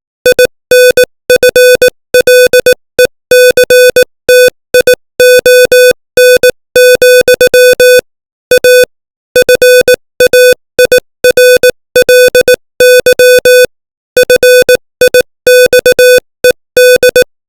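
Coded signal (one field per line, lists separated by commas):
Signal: Morse code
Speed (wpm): 18 wpm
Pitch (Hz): 500 Hz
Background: music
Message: INFLECTION, A FAIRLY FIXED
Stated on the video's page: Morse code practice at 18 WPM, opening with VVV, sending English text.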